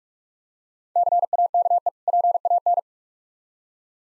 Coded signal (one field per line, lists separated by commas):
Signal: Morse code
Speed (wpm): 46 wpm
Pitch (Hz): 700 Hz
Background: none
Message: CAKE PAN